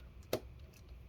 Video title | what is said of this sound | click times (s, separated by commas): HP Pavilion dv7-6c43cl Disassembly RAM SSD Hard Drive Upgrade Battery LCD Screen Replacement Repair | until we hear it click and then back two turns | 0.3 s